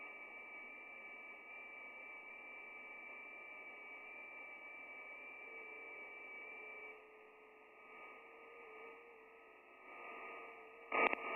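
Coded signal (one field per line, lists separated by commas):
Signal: FT8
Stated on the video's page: FT8 signals received on a Yaesu FTdx3000 in the Netherlands.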